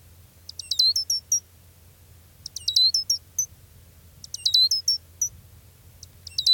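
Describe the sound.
Gray's lark calls: several rapid twittering bursts of high chips and sliding notes, roughly every two seconds, over a low hum.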